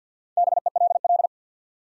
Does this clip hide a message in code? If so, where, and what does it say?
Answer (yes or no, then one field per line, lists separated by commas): yes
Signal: Morse code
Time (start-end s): 0.4-1.3 s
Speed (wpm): 50 wpm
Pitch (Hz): 700 Hz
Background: none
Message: BELL